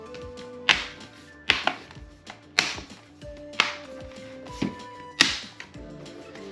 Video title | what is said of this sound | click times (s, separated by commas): HP Laptop - How to replace the battery. Model 14-dq1035cl | let it pop you can feel it uh you'll hear it snap it'll pop into place there you go you hear that | 0.7 s, 1.5 s, 2.6 s, 3.6 s, 5.2 s